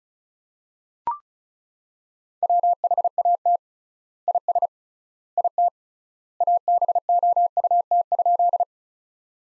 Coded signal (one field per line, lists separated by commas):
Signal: Morse code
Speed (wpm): 36 wpm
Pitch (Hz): 700 Hz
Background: none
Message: WHAT IS IT ABOUT?